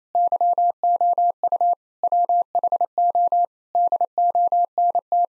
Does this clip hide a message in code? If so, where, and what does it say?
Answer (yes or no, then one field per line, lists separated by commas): yes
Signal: Morse code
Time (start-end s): 0.2-5.2 s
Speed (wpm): 28 wpm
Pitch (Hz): 700 Hz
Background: none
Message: YOU WHO DONT